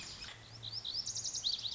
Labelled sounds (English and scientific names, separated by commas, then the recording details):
Lazuli Bunting (Passerina amoena)
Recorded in Sonoma County, California